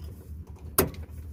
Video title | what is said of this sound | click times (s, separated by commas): how to change your fuel filter without special tools (mazda 3 2012) | and make sure it clicks | 0.8 s